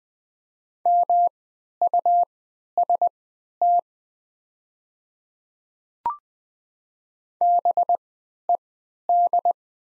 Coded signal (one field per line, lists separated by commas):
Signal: Morse code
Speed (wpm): 20 wpm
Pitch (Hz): 700 Hz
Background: none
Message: MUST BED